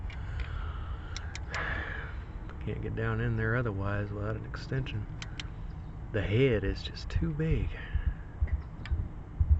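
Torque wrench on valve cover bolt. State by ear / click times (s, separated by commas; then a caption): torque reached / 8.9 s. On a 2008 Scion xB, a valve cover bolt is tightened with a torque wrench on an extension, needed because the wrench head is too big to get down in there otherwise. Someone talks over faint ticking and a low hum. The torque wrench clicks at its setting at 8.9 s.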